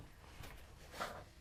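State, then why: Not seated. A fuel line quick-connector is handled at the fuel filter of an Audi A6 while it is being pushed back on, producing soft scraping and rubbing noises with a brief brighter burst around 1.0 seconds. Nothing has seated or clicked yet.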